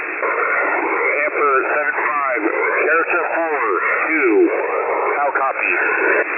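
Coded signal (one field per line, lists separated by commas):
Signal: coded military voice message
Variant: Skyking message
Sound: a male voice reading over a noisy single-sideband shortwave radio channel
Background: radio static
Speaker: as soon as I heard Sky King, Sky King, I was like, "Oh, damn. I got to record this." And I got my screen recorder and I started recording, but I missed the beginning. I'm going to see if somebody else has the actual Sky King part. But let's take a listen.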